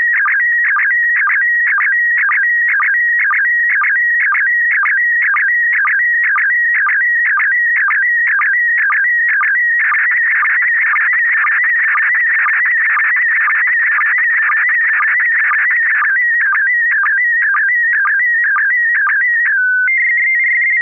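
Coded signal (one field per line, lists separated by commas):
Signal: SSTV (slow-scan television)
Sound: steady rhythmic warbling whistle with regular short clicks, ending in fast alternating tones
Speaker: to the slow scan. That is a good copy here in the Thomas. We're going to go to George for a first comment on this picture.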